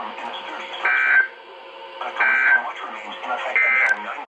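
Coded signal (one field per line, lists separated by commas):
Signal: Emergency Alert System (SAME) tones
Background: speech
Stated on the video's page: Multiple Marine Warnings.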